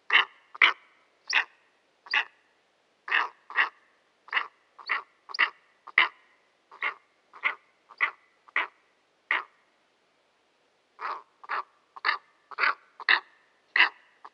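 Steppe eagle uttering repeated hoarse, cackling barks in a steady series, breaking off for about a second and a half before resuming.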